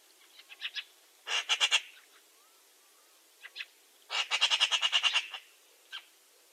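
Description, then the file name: Eurasian magpie with loud, rasping rattles in two main bursts, the second longer, plus a few harsh single notes. "Pica pica"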